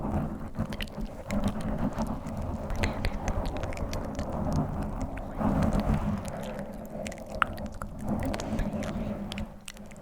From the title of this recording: Tingly Mic Scratching + INTENSE Inaudible Whispers